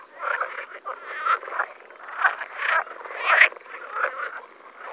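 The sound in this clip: Edible frog croaking: rattling, pulsed calls in bursts that swell and fade every second or so, with little pause between them.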